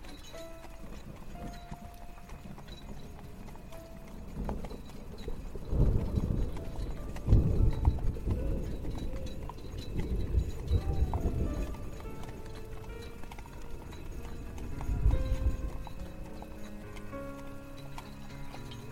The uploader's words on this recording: Carriage ride through the woods on the way to the castle. Carriage/ horse snort.